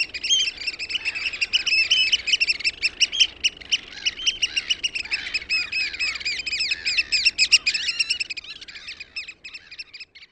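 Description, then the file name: Eurasian oystercatcher piping, a fast stream of shrill, overlapping peeps, several per second, continuing with little pause and fading near the end. "MERIHARAKKA"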